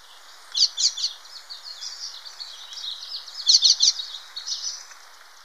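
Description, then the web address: Yellow-bellied siskin song with lively high warbling phrases: a twittering burst early on, a softer chatter, then another energetic flurry of notes. Ecuador. "Natures Songs S America Birds of Ecuador Yellow-bellied Siskin"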